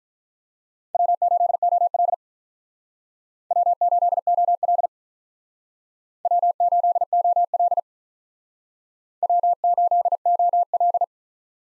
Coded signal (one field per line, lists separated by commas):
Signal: Morse code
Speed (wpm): 45 wpm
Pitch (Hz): 700 Hz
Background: none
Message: W8OL W8OL W8OL W8OL